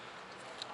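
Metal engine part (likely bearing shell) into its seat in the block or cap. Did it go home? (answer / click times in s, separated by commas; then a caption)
yes / 0.6 s. During assembly of a blown Genesis Coupe engine, a centered metal part, likely a bearing shell, is pushed down on both ends into its seat in the block or cap. Over a steady low hiss, one short, sharp click is heard at 0.6 s as it locks into place, and the part is confirmed seated and good to go.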